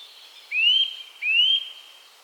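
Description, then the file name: Eurasian nuthatch calls with two loud rising whistles, each sweeping upward and tailing off, spaced roughly three-quarters of a second apart. "Sitta europaea"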